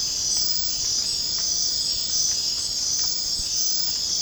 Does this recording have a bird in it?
no